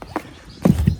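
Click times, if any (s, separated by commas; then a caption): none. A seat back over the anchor storage locker on a 2014 MasterCraft X-30 wakeboard and wake surf boat is handled as it is put back. Faint knocks come near the start, followed by louder low thumps around 0.7 to 0.9 seconds. Nothing has seated or clicked into place yet.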